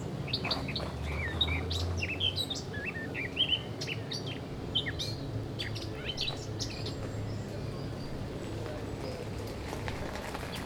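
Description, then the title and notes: Eurasian blackcap song, a quick run of varied warbled and whistled notes in the first half, with low background rumble and faint other chirps. Singing in a large maple tree beside a path in a garden at Aix-les-Bains, Savoie, France, with passers-by nearby. "dans le Jardin Vagabond , les passants et le chant d'une fauvette à tête noire"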